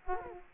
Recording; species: mosquito wingbeat signal from an infrared sensor; Culex quinquefasciatus